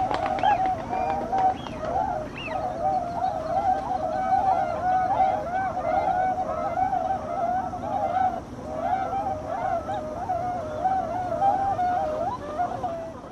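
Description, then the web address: Tundra swans calling as a flock: many overlapping hooting, wavering notes continuing throughout, over steady background noise. Bewick's swan subspecies (kohakuchō), recorded in Tottori, Japan, on 7 November 2005. "koe kohakucyou 051107 tottori kaji"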